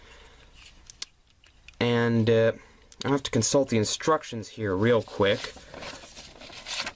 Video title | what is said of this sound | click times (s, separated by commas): Combiner Wars: Breakdown Review / I'M BACK!! | and you'll just kind of feel it click | 1.0 s, 1.8 s